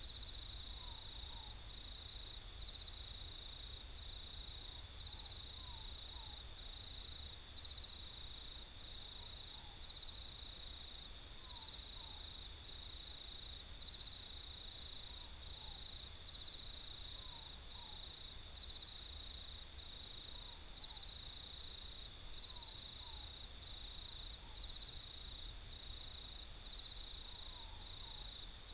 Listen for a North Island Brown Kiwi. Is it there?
no